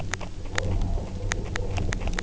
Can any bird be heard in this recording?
no